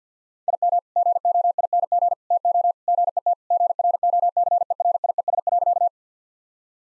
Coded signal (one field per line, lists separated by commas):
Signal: Morse code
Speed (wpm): 50 wpm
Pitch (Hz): 700 Hz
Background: none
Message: IM GOING TO GET GROCERIES.